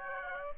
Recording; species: mosquito wingbeat signal from an infrared sensor; Aedes aegypti